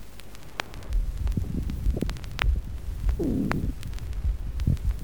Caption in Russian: Еще один вариант грубого шума трения плевры.